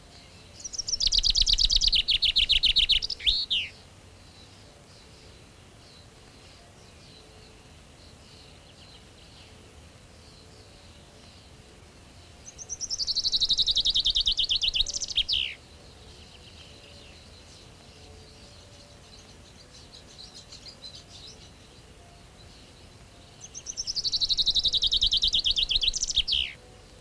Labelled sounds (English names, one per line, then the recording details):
Common Chaffinch song
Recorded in the wild
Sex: male
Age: adult
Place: Schloß Holte-Stukenbrock, Senne, Nordrhein-Westfalen, DE
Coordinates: 51.85, 8.71667
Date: 1966-06-05
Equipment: Uher 4000 Report-S, Bändchenmikro Beyer M 260, Parabolspiegel Polyester (470 mm)
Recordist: Conrads, Klaus
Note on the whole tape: Offene Parklandschaft, Senne bei Stukenbrock. Männchen: Baumpieper-Imitation (A-Strophe ungegliedert, B-Strophe baumpieperartig), Rülschen